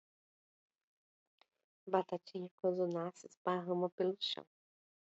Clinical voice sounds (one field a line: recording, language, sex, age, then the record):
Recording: short text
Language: Brazilian Portuguese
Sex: female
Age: 40 to 49 years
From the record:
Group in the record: control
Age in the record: 46 years